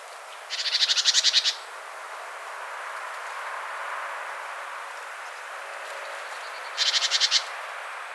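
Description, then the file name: Great tit rattle calls, two short buzzy bursts of quick repeated notes about six seconds apart, over a steady low background rumble. "Parus major"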